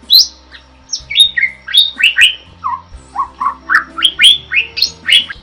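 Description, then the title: Bird song of bright chirps that step downward then climb back up, each note sliding in pitch, with low humming underneath. Masteran recording made for training songbirds. "Master Burung Jos"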